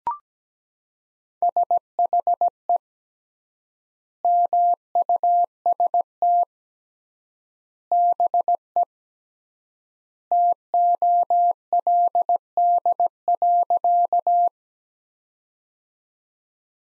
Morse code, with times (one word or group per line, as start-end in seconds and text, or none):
1.4-2.8 SHE
4.2-6.4 MUST
7.9-8.8 BE
10.3-14.5 TOLD.